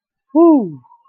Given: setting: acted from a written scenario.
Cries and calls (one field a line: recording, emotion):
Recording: vocal sound without words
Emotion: relief